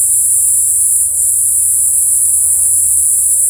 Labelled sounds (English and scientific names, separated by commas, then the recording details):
none
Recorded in forest near Pivijay, Magdalena, Colombia, on 2 June 2023 at 14:00
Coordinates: 10.467, -74.380
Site Z5-G034